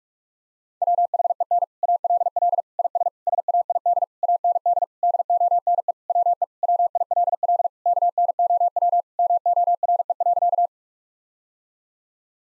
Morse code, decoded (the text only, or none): WHEN ALL IS SAID AND DONE WE WILL KNOW MORE.